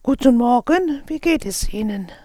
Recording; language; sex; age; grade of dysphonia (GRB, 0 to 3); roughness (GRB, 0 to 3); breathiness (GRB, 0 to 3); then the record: spoken sentence; German; female; 60 to 69 years; 2; 0; 0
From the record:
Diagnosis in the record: recurrent laryngeal nerve paralysis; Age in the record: 61 years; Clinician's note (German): Fast paramedian, gute phonatorische Kompensation